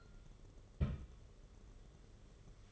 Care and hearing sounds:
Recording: daily activity, microphone in the room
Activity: place on stove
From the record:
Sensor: 4

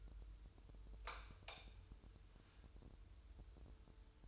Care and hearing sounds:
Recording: daily activity, microphone in the room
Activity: light on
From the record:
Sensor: 2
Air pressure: 988.3 hPa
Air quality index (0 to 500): 192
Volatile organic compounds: 188 ppm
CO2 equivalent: 4174 ppm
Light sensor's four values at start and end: 6/16/6/7 and 11/34/13/13

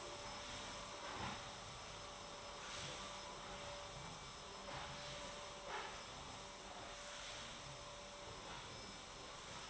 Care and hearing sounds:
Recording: daily activity, microphone in the room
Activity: vacuum cleaning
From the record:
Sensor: 3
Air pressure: 1011.9 hPa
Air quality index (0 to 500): 236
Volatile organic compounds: 5 ppm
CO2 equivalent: 1750 ppm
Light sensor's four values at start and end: 11/26/10/10 and 11/26/11/11

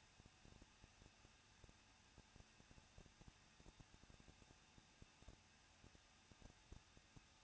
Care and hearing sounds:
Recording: daily activity, microphone in the room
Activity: no activity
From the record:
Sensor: 2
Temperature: 21.0 degrees Celsius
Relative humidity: 37.3%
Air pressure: 1006.3 hPa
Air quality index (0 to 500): 221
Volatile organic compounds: 23 ppm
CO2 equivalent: 2793 ppm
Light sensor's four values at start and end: 2/3/2/2 and 2/3/2/2

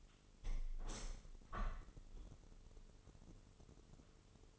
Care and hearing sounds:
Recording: daily activity, microphone in the room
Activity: open window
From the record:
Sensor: 4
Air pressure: 996.4 hPa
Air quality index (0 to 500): 86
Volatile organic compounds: 4 ppm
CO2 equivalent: 1652 ppm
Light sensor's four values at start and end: 19/53/20/22 and 20/53/21/22

